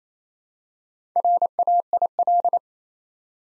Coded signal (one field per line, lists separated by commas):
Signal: Morse code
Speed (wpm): 27 wpm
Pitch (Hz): 700 Hz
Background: none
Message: RAIL